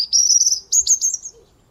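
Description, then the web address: European robin: a brief run of very high, thin, trilling notes in two quick bursts. "Deverinetal 2025 File origin Bird Only Er Ru"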